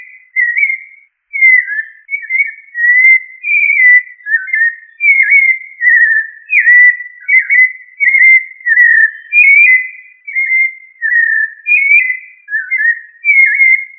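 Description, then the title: Thrush song of repeated fluting whistles, roughly one phrase per second, varying slightly in pitch and shape, with no other sounds. "Familia Turdidae - Sabia"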